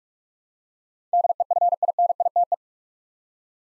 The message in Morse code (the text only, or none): DEFINITE